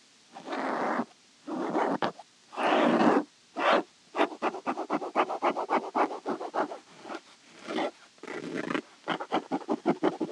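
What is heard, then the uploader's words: Fabric scratching, starting with a few long rasping strokes of about half a second each, separated by brief pauses. After four seconds the scratches turn short and rapid, a dense run of quick scrapes with a couple of longer strokes mixed in. 𝗳𝗮𝗯𝗿𝗶𝗰 𝘀𝗰𝗿𝗮𝘁𝗰𝗵𝗶𝗻𝗴.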